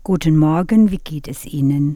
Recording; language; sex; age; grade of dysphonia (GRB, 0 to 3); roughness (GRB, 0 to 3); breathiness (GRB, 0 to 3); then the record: spoken sentence; German; female; 50 to 59 years; 0; 0; 0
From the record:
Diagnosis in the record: psychogenic dysphonia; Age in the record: 53 years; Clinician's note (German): Leichte funktionelle Störung